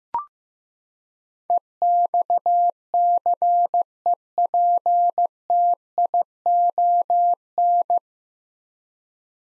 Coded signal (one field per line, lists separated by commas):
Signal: Morse code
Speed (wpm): 16 wpm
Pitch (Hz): 700 Hz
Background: none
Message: EXCEPTION